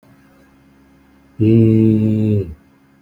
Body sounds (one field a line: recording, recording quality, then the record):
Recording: sustained vowel as in made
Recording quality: excellent, no background noise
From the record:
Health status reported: healthy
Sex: male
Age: 45 years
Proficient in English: yes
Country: India